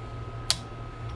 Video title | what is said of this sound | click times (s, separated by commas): Edge Cut Duplicator #1 | that click means it's now back in in place and you have to pull this again | 0.5 s